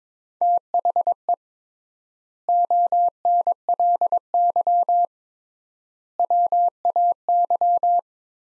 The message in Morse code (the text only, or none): THE ONLY WAY